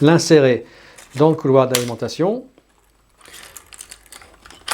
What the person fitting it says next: Et on tire jusqu'à ce qu'on entende un bon clic, comme ça.